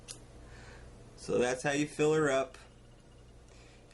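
A short, sharp click at 0.1 s as the top-fill cap of a Smok TFV4 sub-ohm vape tank slides to the side, opening the fill port. Someone then talks briefly from about 1.2 to 2.5 s over a faint low hum.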